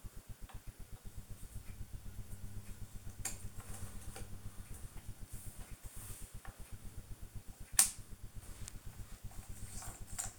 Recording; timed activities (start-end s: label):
household activities, microphone on the right wrist
0.00-10.39 s: doing a puzzle